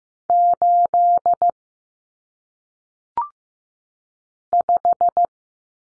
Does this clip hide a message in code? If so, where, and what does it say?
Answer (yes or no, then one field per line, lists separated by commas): yes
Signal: Morse code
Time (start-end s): 0.3-5.3 s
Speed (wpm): 15 wpm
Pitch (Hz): 700 Hz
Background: none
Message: 8 5